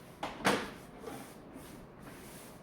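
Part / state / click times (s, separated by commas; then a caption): belt line window seal onto vehicle door frame over the glass / seated / 0.2 s, 0.5 s. A rubber belt line window seal is pressed down over the door glass of a Hummer H1 door, fitting between the existing seals. Two sharp snaps are heard at 0.2 s and 0.5 s, the second louder, followed by quiet. The seal locks into place on the door.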